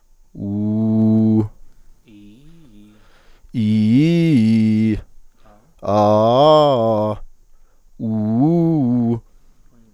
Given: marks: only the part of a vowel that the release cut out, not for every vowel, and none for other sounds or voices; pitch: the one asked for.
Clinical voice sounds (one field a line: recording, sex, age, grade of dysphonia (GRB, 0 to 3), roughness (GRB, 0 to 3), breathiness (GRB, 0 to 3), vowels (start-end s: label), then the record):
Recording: sustained vowels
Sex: male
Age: 30 to 39 years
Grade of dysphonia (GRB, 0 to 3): 0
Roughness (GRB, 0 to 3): 0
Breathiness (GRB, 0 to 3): 0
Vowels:
0.53-1.33 s: vowel /u/, low pitch
3.71-4.79 s: vowel /i/, low-high-low pitch
5.98-7.07 s: vowel /a/, low-high-low pitch
8.08-9.09 s: vowel /u/, low-high-low pitch
From the record:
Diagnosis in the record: healthy voice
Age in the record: 33 years